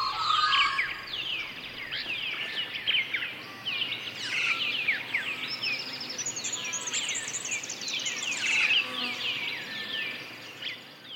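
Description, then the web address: Birds in a dawn chorus: a thick layer of many songs, sweeping whistles, warbles and high trills overlapping throughout. "Songsof Earth dawnchorus"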